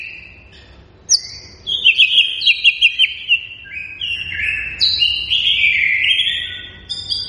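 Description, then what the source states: White-rumped shama song of high, buzzy rattles and chattering trills, opening with a sharp note, then a rapid series of varied phrases. Energetic, vigorously singing white-rumped shama used as a lure to provoke a response from other birds.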